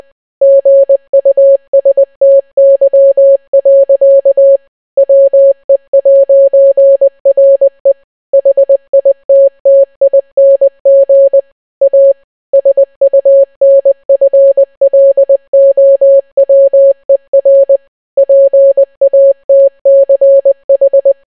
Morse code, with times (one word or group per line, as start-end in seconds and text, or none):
0.4-4.6 GUSTY.
5.0-7.9 WE'RE
8.3-11.4 HITTING
11.8-12.1 A
12.5-17.8 SUNFLOWER
18.2-21.1 PATCH